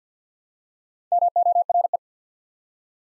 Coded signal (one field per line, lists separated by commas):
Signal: Morse code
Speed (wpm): 50 wpm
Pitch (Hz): 700 Hz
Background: none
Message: MORE